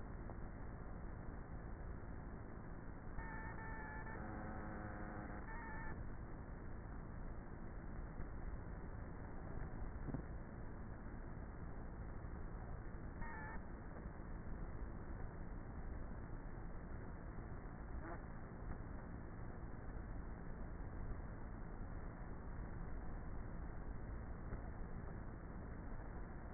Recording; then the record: honeybee colony, microphone inside the hive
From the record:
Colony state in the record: queenless with a low population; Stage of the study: before two queens were removed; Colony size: about 30,000 bees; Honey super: no